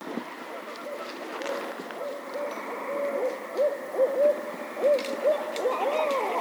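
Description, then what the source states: Barred owl call: faint hoots building into a quicker run of rising and falling hoots in the second half, with a continuous drone behind. Recorded on 18 May 2008.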